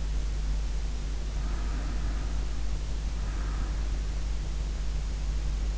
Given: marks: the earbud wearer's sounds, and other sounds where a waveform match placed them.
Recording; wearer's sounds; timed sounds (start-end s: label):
sounds in sleep by an in-ear microphone; breath
0.76-4.15 s: breath